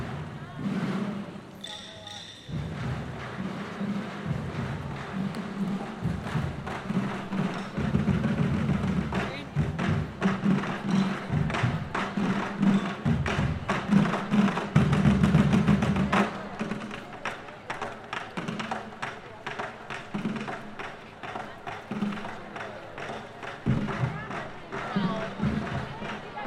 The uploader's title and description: Japanese drummers at Ferrara International Buskers Festival. A troupe of masked Japanese drummers using large plastic oil containers as their instruments impresses a large evening crowd, and as the microphone turns we can hear how the sound is being reflected back by a large castle wall behind us.